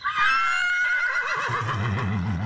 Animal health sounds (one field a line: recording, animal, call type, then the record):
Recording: contact call of a hoofed animal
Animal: horse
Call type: whinny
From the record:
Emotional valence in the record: positive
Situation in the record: reunion with the whole group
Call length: 2.5 s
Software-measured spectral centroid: 2290 Hz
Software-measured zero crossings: 2370 a second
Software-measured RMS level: -24 dBFS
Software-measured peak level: -11 dBFS